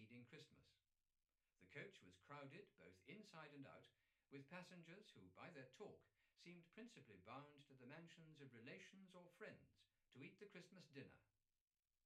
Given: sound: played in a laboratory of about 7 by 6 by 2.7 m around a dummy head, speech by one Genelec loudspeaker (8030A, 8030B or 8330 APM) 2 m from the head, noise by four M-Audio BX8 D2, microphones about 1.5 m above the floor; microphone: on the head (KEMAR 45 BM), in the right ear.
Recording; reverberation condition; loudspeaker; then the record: male speech in English; low; behind (180 degrees)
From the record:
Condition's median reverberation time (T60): about 310 ms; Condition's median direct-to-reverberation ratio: about 3.5 dB